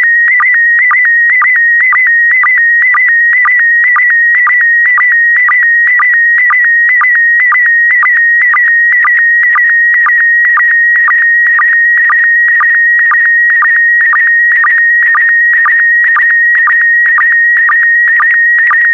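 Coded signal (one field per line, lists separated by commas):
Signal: SSTV (slow-scan television)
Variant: PD120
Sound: warbling high tone near 2 kHz with rhythmic low blips twice a second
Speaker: Get ready. Starting transmission in 5, 4, 3, 2, 1. Transmission complete.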